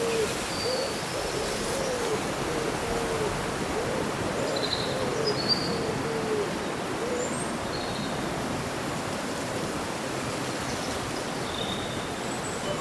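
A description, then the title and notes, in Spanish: On a windy summer day, leaves rustle in a steady, dense hiss that barely changes over the whole stretch. Short, thin bird calls chirp high above it every second or two, scattered and irregular, with a faint low whistle now and then. Un bosque bañado por el sol.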